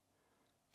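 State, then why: Seated. A rear sight piece is fitted from underneath into the upper receiver of an SSP28 airsoft sniper rifle and pushed home. A low, steady background hum runs through the clip. At 0.7 s one sharp, short tick marks the part clicking into place, seated.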